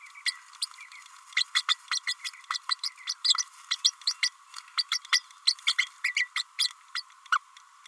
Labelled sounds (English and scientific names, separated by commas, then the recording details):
Green-rumped Parrotlet (Forpus passerinus) babbling
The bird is a female
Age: 30 days
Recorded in a nest box in Venezuela
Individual 17B32A5